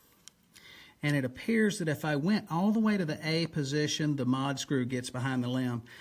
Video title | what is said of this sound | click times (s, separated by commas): Hoyt ProForce bow build | you hear that just kind of snap into place i'm going to do a quick spot check | 0.3 s